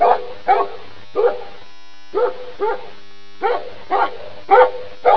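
Dog barking in short bursts, usually pairs of sharp mid-pitched barks separated by brief pauses, about nine barks in five seconds.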